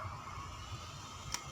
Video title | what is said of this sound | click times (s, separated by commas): รีวิวแบบอวย!!! [Keeppley] Ultraman VOL. 04 โคตรอลังการงานสร้าง!!! | Biar saya tunjukkan cara ia memegang senjata. *Klik* Ini | 1.3 s